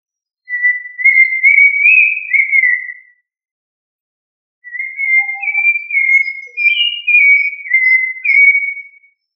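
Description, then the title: Thrush singing two long whistled phrases of warbled, slurred notes separated by a pause. "Familia Turdidae - Sabia"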